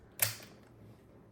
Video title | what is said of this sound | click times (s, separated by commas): How to fix a broken laptop! | Hear the click. | 0.2 s